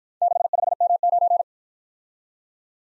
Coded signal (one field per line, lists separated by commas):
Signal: Morse code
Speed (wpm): 55 wpm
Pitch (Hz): 700 Hz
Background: none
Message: 65M9